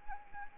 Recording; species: mosquito wingbeat signal from an infrared sensor; Anopheles arabiensis